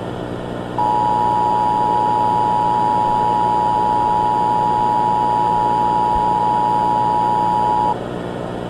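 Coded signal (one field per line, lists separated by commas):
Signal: Emergency Alert System (SAME) tones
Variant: 853 and 960 Hz attention tone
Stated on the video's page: Prank EAS alert inserted into a cartoon episode, not a real alert.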